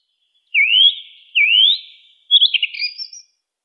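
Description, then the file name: Song thrush singing two sweeping rising whistles in repetition, then a rapid broken twittering phrase; otherwise silent background. "suara kicauan burung song thrush. omkicau"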